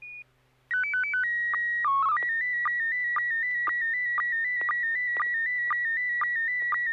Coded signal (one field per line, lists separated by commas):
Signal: SSTV (slow-scan television)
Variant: PD 120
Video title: N6NA SSTV Net - 09/06/2023